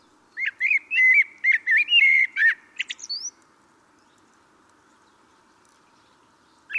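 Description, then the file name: Common blackbird delivering one rich phrase of rapid fluty notes closing with high squeaks, then silence, and a final note starting at the very end. "Turdus merula"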